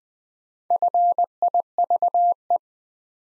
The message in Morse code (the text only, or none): FIVE